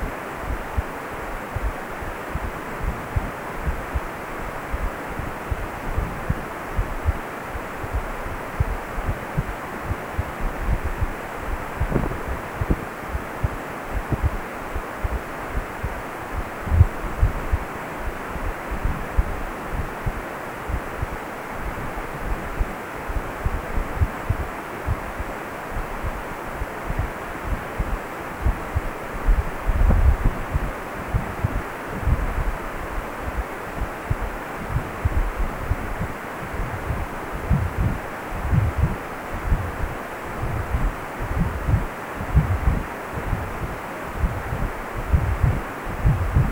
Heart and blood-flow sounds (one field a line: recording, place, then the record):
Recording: Doppler ultrasound of blood flow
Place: precordium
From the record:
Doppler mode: continuous wave and pulsed wave in the uncut recording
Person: healthy adult, 18 to 50 years, no heart murmur, not diving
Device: 2.5 MHz transducer